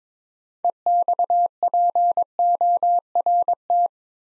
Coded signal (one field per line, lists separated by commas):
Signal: Morse code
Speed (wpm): 22 wpm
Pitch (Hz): 700 Hz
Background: none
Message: EXPORT